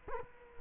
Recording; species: mosquito wingbeat signal from an infrared sensor; Culex quinquefasciatus